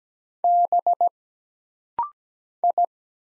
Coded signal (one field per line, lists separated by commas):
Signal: Morse code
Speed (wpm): 17 wpm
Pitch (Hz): 700 Hz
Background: none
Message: B I